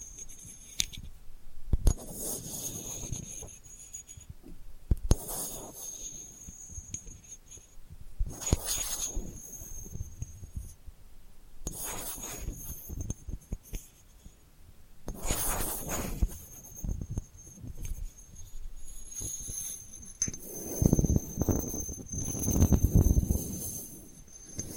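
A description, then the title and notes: Delicate scratching comes in short, uneven bursts with brief quiet gaps between them. Sharp clicks and ticks mark several bursts, near 2, 5, 9 and 15 seconds. A thin steady whistle runs high above, and a heavier rubbing swells near the end. ASMR Delicate Scratching for Sleep (No Talking).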